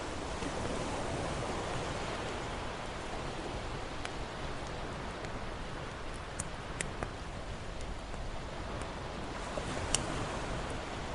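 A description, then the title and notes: A campfire crackles beside a steady wash of ocean waves. The surf forms a dense, even roar, fullest in the low end, while sharp, sparse pops from the fire snap through it, most clearly around the 4, 6–7, and 10 second marks. Campfire with an Ocean View. The crackling of the flames dances in perfect sync with the gentle lapping of the ocean waves against the shore.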